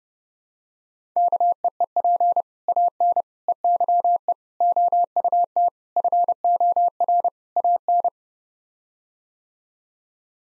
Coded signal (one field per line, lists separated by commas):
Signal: Morse code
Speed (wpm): 30 wpm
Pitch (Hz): 700 Hz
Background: none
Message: KEEP AN EYE OUT FOR AN